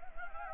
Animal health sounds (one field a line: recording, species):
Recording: mosquito wingbeat signal from an infrared sensor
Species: Anopheles gambiae